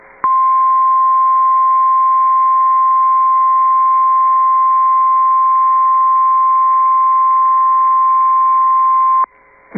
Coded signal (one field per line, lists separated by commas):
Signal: Emergency Alert System (SAME) tones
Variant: 1050 Hz attention tone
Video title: Severe Thunderstorm Warning (Liberty and Polk Counties, TX) (12/28/24) [EAS #95]